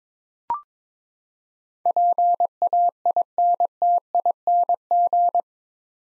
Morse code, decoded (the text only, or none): PAINTING